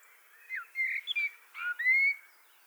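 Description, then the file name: Common blackbird singing a soft warbled phrase of slurred, whistled notes, ending on a long clear rising whistle. "Turdus merula"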